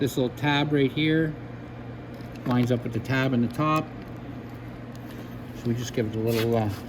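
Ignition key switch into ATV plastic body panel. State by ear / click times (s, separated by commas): not seated / none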